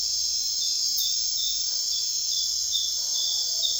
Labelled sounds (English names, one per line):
none